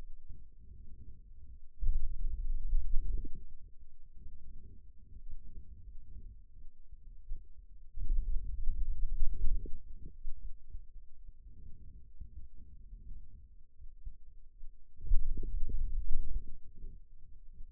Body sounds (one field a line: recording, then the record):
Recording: forearm muscle sounds (acoustic myography)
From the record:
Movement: finger pinch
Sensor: system 2, bracelet of six BSWA MPA416 microphones around the upper forearm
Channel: 1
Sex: male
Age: 22 years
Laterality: right